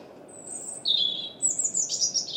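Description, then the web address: European robin song with a high drawn-out whistle, a wavering lower run of notes, then a shimmering burst of very high twittering, with faint background hum. "Deverinetal 2025 Bird Only Er Ru"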